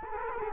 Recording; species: mosquito wingbeat signal from an infrared sensor; Culex quinquefasciatus